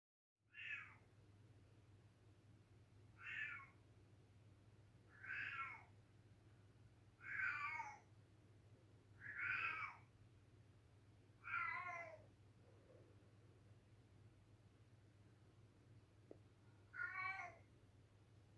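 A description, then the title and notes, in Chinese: A house cat meows repeatedly, about every two seconds with a longer pause near the end, over a steady low hum. 凌晨3點鐘的午夜貓聲。家貓的叫聲是「嗷嗚」跟「帽」。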